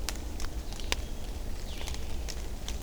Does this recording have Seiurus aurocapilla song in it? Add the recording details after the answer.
no. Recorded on 24 June 2016 at 08:40. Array SBT-6-76